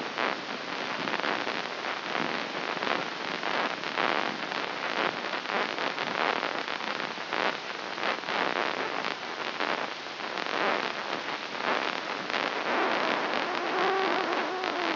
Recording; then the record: brain microelectrode recording played as sound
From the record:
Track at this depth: inside the subthalamic nucleus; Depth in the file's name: 6.109 mm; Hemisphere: left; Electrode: 3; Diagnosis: Parkinson's disease